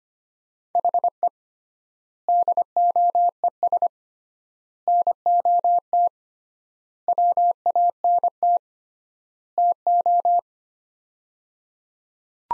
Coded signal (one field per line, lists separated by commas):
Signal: Morse code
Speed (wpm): 25 wpm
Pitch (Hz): 700 Hz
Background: none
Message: HE DOES NOT WANT TO